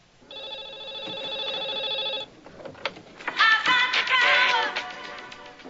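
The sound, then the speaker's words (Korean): A telephone rings with a steady, high electronic trill for about two seconds as Jack places a call to Lydia's number, then stops and gives way to louder clattering, rustling handling noises. “잭은 우선 리디아의 전화번호를 알아내서 전화를 겁니다.”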